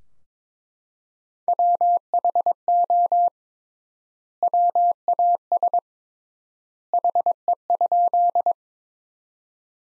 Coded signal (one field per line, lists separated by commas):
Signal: Morse code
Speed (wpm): 22 wpm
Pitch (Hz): 700 Hz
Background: none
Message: WHO WAS HE?